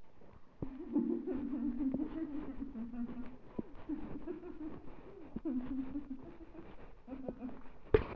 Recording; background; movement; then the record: laughter; quiet; walking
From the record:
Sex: female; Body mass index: 36.4 kg/m2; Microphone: on the chest, facing the body